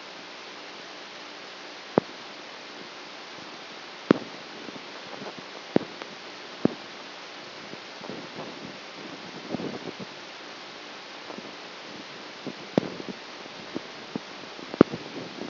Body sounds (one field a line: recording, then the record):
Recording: brain microelectrode recording played as sound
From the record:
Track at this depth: outside the subthalamic nucleus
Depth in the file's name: 6.001 mm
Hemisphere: right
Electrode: 2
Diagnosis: Parkinson's disease